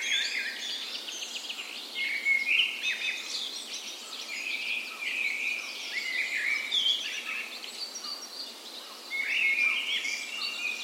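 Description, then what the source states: Birds in dawn chorus, busy overlapping twittering and trilled phrases, with a few clear whistled notes standing out above steady hiss. Birds in spring dawn chorus, park west in Bergen, Norway; morning of 17 May, Norway's National Day; recorded on Sony PCM A10 with LOM Micro Usi mics as tree ears.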